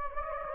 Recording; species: mosquito wingbeat signal from an infrared sensor; Anopheles gambiae